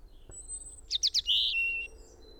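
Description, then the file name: European robin phrase: a faint high whistle, three quick sharp notes, then a drawn-out note sliding into a steady thin whistle, over low rumbling noise. "Erithacus rubecula"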